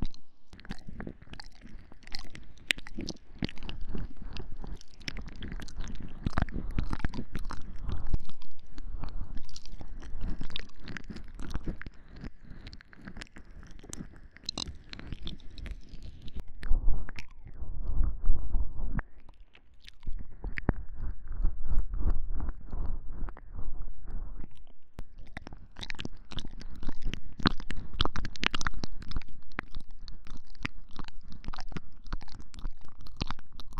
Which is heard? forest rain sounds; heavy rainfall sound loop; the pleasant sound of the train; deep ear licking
deep ear licking